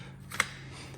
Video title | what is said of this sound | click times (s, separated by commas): Helinox Chair One | And you can literally just roll this around a bit and everything starts to clip and lock into place. | 0.4 s